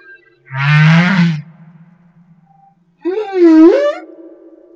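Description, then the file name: Humpback whale song: a low, grainy moan followed after a pause by a higher, swooping wail that dips and rises again. Recorded off Madagascar. "Humpback Whale - Madagascar Whale One"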